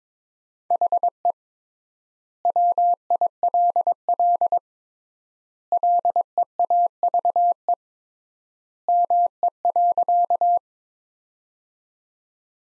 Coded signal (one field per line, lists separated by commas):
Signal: Morse code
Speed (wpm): 22 wpm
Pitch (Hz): 700 Hz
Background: none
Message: HE WILL LEAVE ME.